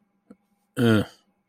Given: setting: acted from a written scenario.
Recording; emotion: vocal sound without words; contempt